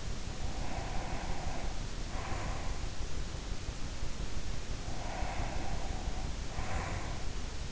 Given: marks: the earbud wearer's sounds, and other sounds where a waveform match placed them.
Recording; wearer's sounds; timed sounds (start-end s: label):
sounds in sleep by an in-ear microphone; breath
0.00-3.02 s: breath
4.55-7.44 s: breath